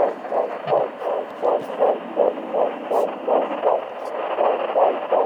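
Rapid, regular whooshing pulses, about 160 per minute: a fetal heartbeat on Doppler at 13.5 weeks of pregnancy.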